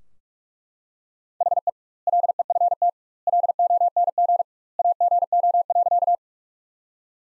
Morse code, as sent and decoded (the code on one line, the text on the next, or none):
.... . / .-.. . ..-. - / .-.. --- -. --. / .- --. --- .-.-.-
HE LEFT LONG AGO.